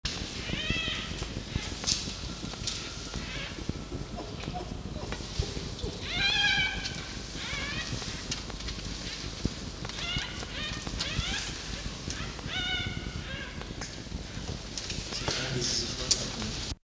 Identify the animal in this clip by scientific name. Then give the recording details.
Vulpes vulpes. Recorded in captivity. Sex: female. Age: diverse. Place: Zoologisches Institut der HUB, Berlin, DE. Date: 1953-04-05 12:25. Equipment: Elmetra. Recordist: Tembrock, Günter. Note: Fiffi (bei Rückgabe der Welpen): Muffen (ohne Fleisch); Fiffi-Welpen: Quärren